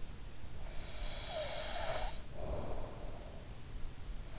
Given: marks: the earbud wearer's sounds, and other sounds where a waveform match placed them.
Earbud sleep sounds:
sounds in sleep by an in-ear microphone; breath
0.65-3.80 s: breath

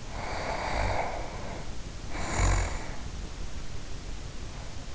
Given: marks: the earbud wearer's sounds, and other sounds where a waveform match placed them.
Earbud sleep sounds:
sounds in sleep by an in-ear microphone; snoring breath
0.00-3.31 s: snoring breath

